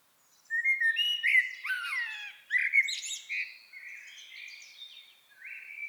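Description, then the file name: Common blackbird song, a run of varied whistled and twittering phrases with higher squeaky notes woven through, in two bursts separated by a brief dip. "Turdus merula"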